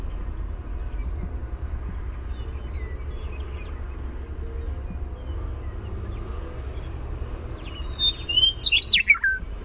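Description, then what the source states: Western meadowlark singing a single clear fluty phrase near the end, starting high and tumbling down in gurgling notes, after a long quiet stretch with low rumble. Primary song of the Western meadowlark.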